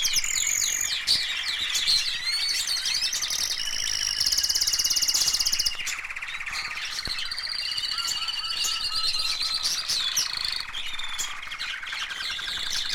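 Canary in continuous song: high twittering, a fast rattling trill in the middle, then varied warbled phrases and repeated chirps.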